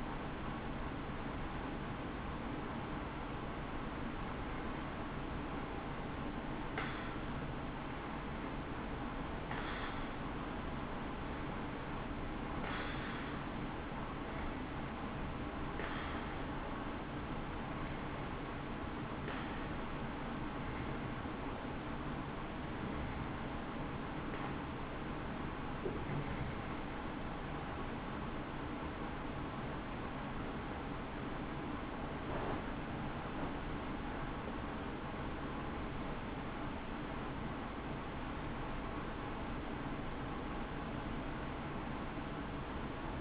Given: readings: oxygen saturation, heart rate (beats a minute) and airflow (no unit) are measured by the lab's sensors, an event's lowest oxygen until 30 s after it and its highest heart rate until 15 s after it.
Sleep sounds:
breathing in sleep by a voice recorder at the bedside; 1
13.00-29.30 s: hypopnea (N1, oxygen 95% highest, then 93% lowest, heart rate 66 at the start, 74 highest)
19.00-43.21 s: new sleep stage, N2 (light sleep)
From the record:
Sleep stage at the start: N1 (lightest sleep); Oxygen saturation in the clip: 89 to 96%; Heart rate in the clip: 61 to 74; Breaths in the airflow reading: 14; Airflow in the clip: -8.0 to 8.4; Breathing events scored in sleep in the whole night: 216 in 7.0 hours asleep

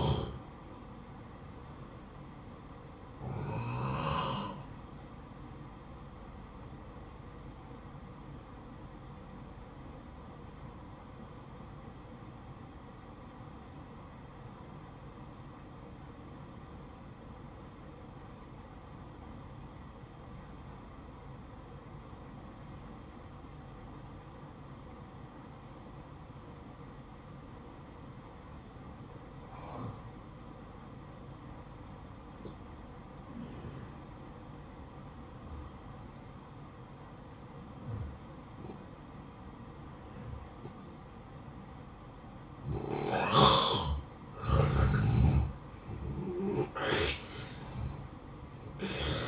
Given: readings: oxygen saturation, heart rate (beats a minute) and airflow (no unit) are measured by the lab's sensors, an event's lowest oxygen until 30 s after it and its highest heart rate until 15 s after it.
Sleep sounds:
breathing in sleep by a smartphone at the bedside; 1
9.00-43.30 s: obstructive apnea (N2, oxygen 95% highest, then 86% lowest, heart rate 59 at the start, 66 highest)
From the record:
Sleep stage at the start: N2 (light sleep); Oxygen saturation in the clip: 86 to 95%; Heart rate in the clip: 54 to 65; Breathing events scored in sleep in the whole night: 573 in 9.8 hours asleep

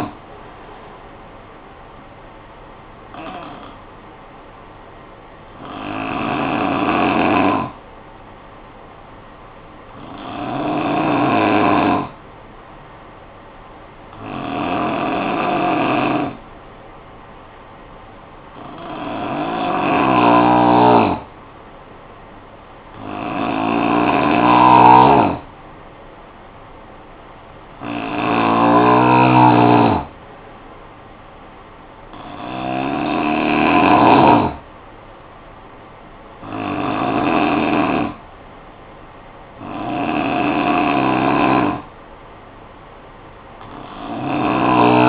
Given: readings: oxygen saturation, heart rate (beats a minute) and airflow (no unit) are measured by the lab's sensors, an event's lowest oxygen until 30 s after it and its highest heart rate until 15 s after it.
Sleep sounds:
breathing in sleep by a voice recorder at the bedside; 1
6.00-22.20 s: hypopnea (N2, oxygen 93% highest, then 88% lowest, heart rate 49 at the start, 59 highest)
24.00-45.09 s: new sleep stage, N3 (deep sleep)
From the record:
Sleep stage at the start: N2 (light sleep); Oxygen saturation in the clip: 88 to 93%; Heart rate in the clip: 49 to 59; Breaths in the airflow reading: 11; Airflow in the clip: -8.8 to 4.9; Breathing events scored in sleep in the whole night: 445 in 7.6 hours asleep

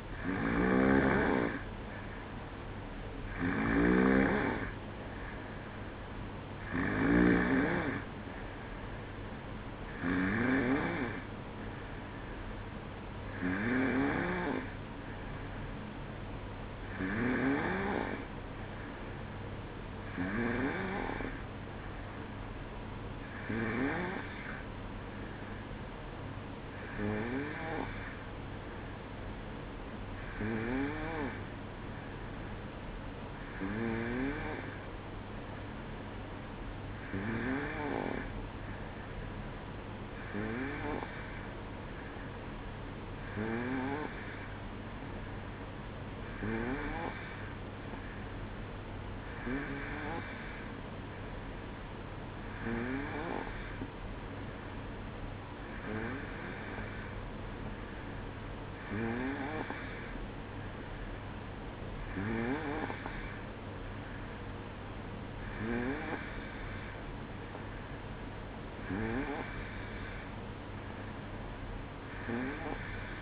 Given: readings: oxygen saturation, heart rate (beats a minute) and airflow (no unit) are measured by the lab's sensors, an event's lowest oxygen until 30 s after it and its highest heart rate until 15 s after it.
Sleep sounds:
breathing in sleep by a voice recorder at the bedside; 1
17.00-64.40 s: hypopnea (N2, oxygen 93% highest, then 91% lowest, heart rate 64 at the start, 65 highest)
From the record:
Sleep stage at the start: N2 (light sleep); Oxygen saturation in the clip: 91 to 93%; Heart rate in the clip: 62 to 65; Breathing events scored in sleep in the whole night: 305 in 9.6 hours asleep

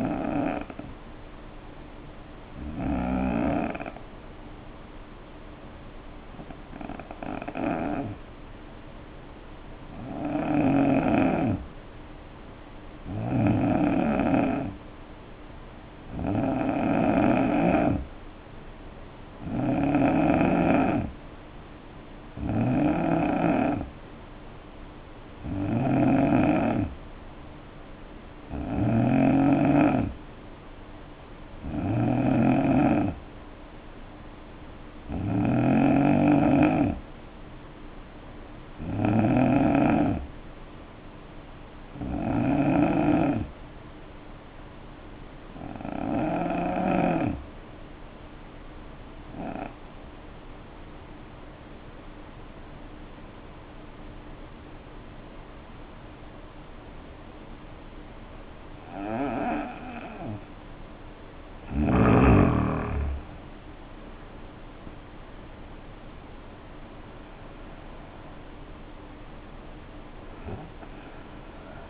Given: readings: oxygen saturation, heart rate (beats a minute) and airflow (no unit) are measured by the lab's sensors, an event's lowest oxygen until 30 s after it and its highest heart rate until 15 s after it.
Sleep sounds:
breathing in sleep by a voice recorder at the bedside; 2
5.00-18.10 s: hypopnea (N2, oxygen 91% highest, then 86% lowest, heart rate 62 at the start, 66 highest)
51.00-61.70 s: obstructive apnea (N2, oxygen 91% highest, then 78% lowest, heart rate 63 at the start, 75 highest)
From the record:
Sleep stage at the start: N2 (light sleep); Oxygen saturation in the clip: 83 to 93%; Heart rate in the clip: 60 to 75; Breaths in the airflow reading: 18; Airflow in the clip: -8.5 to 7.1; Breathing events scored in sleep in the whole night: 520 in 7.2 hours asleep

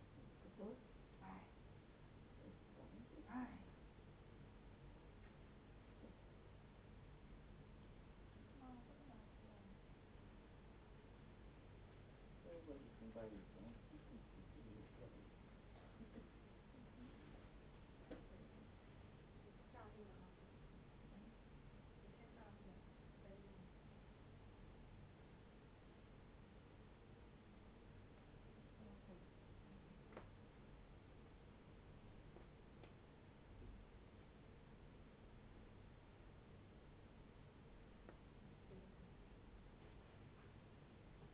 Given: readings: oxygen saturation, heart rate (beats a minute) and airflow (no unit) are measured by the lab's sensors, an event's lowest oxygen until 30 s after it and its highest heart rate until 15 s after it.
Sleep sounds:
a person awake in a sleep study, by a voice recorder at the bedside; none
0.00-41.34 s: awake
From the record:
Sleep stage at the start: awake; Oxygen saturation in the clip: 95 to 97%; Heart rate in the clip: 50 to 103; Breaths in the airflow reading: 13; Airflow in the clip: -8.1 to 12.5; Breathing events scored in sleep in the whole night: 496 in 5.4 hours asleep

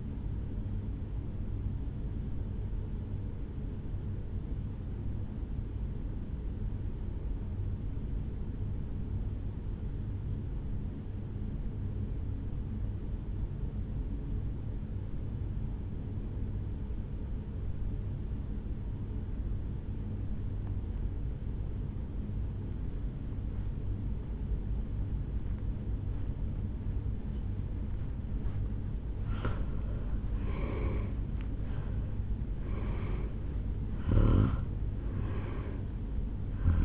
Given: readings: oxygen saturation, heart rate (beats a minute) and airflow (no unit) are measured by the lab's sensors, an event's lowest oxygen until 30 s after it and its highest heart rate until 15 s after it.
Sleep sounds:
breathing in sleep by a smartphone at the bedside; 1
5.00-30.20 s: hypopnea (N1, oxygen 97% highest, then 83% lowest, heart rate 64 at the start, 75 highest)
16.00-36.85 s: new sleep stage, N2 (light sleep)
From the record:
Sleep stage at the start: N1 (lightest sleep); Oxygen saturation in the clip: 87 to 97%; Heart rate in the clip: 63 to 74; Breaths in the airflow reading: 4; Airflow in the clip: -13.5 to 7.9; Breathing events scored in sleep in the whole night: 449 in 7.0 hours asleep

